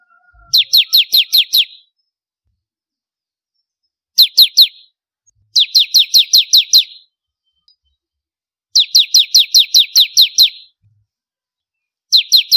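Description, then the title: Prinia song: repeated volleys of sharp, descending high-pitched notes, some short and some long, separated by silent pauses. "Kicau Ciblek Kristal"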